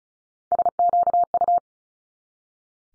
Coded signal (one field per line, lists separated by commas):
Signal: Morse code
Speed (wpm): 36 wpm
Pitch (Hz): 700 Hz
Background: none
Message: SQU